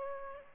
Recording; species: mosquito wingbeat signal from an infrared sensor; Aedes aegypti